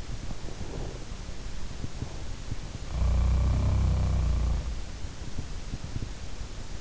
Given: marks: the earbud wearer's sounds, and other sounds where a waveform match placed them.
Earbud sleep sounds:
sounds in sleep by an in-ear microphone; breath
0.53-1.12 s: breath
2.60-4.93 s: sound from someone else or the room

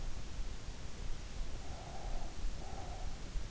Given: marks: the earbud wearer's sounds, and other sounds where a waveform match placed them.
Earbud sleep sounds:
sounds in sleep by an in-ear microphone; breath
1.69-3.31 s: breath

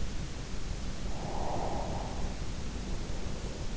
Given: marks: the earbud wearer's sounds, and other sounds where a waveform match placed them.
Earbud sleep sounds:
sounds in sleep by an in-ear microphone; breath
0.65-3.63 s: breath

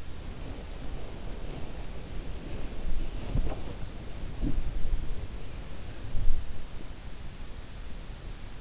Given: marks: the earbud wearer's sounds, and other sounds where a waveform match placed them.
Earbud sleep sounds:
sounds in sleep by an in-ear microphone; body movement
0.00-7.08 s: body movement

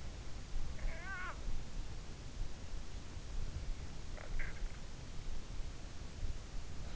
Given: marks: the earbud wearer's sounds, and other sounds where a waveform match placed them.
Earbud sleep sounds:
sounds in sleep by an in-ear microphone; snoring breath
0.71-1.38 s: snoring breath
4.12-4.58 s: snoring breath

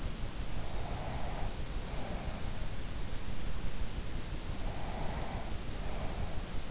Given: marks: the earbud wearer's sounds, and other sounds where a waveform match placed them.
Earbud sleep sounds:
sounds in sleep by an in-ear microphone; breath
0.46-2.83 s: breath
4.67-6.71 s: breath

